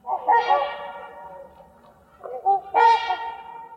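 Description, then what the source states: Trumpeter Swan honks: two bouts of resonant, nasal, horn-like calls, each a few overlapping honks, separated by a brief pause. Wintering flock at Magness Lake near Heber Springs, Arkansas.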